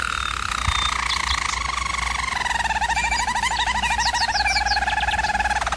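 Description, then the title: German Roller canary song: rapid pulsed rolls gliding slowly downward, with quick descending note flicks higher up, against a low constant hum. Canary training recording of a German Roller canary singing. "German Roller Canary Singing - Canary Training Vid"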